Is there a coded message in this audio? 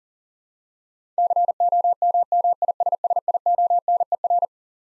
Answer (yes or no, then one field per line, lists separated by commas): yes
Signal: Morse code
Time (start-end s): 1.2-4.5 s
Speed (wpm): 40 wpm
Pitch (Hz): 700 Hz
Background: none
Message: COMMISSIONER